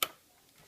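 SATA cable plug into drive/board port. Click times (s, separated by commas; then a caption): 0.0 s. A SATA cable plug is pushed into its port in a desktop build and snaps in with one sharp, bright click at 0.0 s, followed by a quiet tail. The connector is seated.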